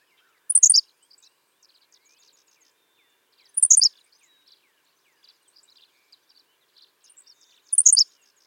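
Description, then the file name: Henslow's sparrow repeating its short, high, insect-like hiccup phrase three times, about every three to four seconds, with faint high chips between. "Ammodramus henslowii - Henslow's Sparrow"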